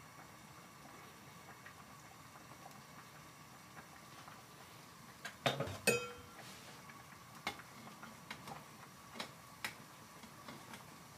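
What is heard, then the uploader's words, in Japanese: Kitchen prep for make-ahead lunch-box food, with a low steady room hum throughout. Around the middle comes a burst of clattering and a short metallic ring, like a utensil striking a dish, followed by scattered sharp taps and knocks every second or so. 環境音 弁当用につくりおき。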